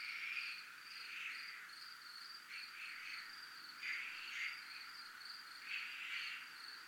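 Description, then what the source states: High cricket trilling in pulsed stretches, overlaid by several rough buzzing bursts that rise and fade. Recorded at a zona militar (military zone).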